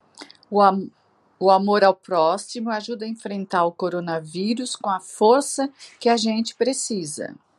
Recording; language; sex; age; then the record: spoken sentence; Brazilian Portuguese; female; 60 to 69 years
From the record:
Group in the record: control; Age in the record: 64 years